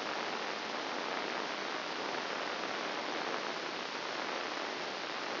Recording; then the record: brain microelectrode recording played as sound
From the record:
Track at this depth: inside the subthalamic nucleus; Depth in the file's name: 4.465 mm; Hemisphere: left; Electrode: 2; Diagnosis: Parkinson's disease